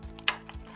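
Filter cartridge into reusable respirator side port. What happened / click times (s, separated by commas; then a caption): The plastic cartridge clicked into place / 0.3 s. A 3M FF800 reusable respirator has its Secure Click filter cartridge pushed into the side connection port a second time. A faint tick at 0.2 s comes before a sharp plastic click at 0.3 s, with a smaller tick at 0.5 s and low rumble underneath. The cartridge seats and sounds secure.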